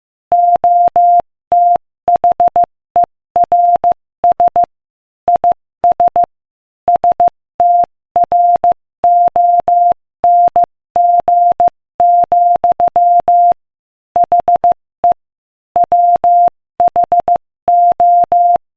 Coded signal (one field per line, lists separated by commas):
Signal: Morse code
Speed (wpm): 15 wpm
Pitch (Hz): 700 Hz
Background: none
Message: OTHERS IS STRONG, HE WHO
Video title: Morse Code Practice: 15 wpm Inspirational Quote 1